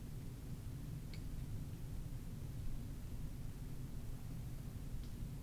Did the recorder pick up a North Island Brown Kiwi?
no